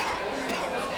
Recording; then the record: coughing mixed with background sound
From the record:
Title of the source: Coughing 60